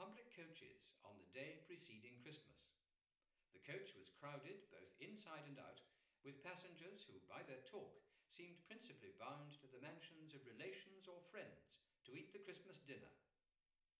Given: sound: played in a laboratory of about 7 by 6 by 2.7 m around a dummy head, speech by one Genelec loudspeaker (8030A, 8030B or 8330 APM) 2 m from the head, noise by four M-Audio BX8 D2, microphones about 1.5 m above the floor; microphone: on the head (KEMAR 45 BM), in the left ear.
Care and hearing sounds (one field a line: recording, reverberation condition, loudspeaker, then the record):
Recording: male speech in English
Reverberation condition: medium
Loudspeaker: 60 degrees to the left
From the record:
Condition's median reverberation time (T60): about 510 ms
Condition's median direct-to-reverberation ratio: about -0.5 dB